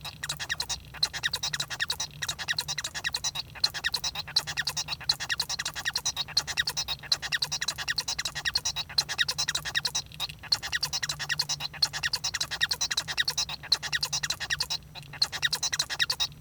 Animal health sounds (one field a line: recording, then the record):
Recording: song of a male Bengalese finch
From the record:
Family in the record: son of father 1